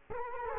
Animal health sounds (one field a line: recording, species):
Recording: mosquito wingbeat signal from an infrared sensor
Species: Culex quinquefasciatus